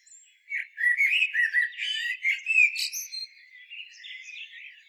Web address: SETE data Turdus merula